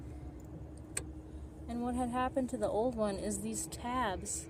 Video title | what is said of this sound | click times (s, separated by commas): T1N Sprinter Intake Air Temperature Sensor Replacement | I had to push really hard with both fingers on the sides here until I heard a snap. | 1.0 s